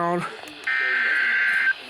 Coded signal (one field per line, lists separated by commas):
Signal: Emergency Alert System (SAME) tones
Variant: header bursts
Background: speech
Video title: radio madness 2 the sequel eas317-363 EAS alerts from 5/19/22